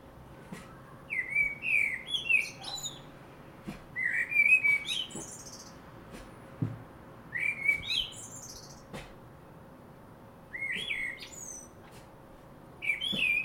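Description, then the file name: Common blackbird song of rich whistled phrases, each rising into twittering high notes, delivered roughly every two to three seconds against low background noise. "Turdus merula"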